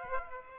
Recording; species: mosquito wingbeat signal from an infrared sensor; Aedes aegypti